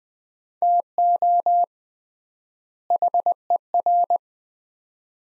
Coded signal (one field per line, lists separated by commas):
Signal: Morse code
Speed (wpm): 20 wpm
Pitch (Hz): 700 Hz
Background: none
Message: TO HER